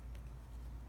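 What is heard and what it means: A ribbon cable connector is moved around over its socket on an Apple iPhone 6 logic board during a charging port replacement repair, lined up before being pushed down. Only quiet handling is heard over a low steady hum, with a faint tick near 0.1 s and a sharper tick at 0.9 s. Nothing has seated or clicked yet.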